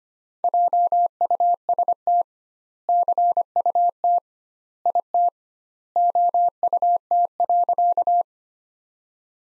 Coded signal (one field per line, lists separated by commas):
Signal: Morse code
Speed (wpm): 25 wpm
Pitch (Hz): 700 Hz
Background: none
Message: JUST CUT IT OUT.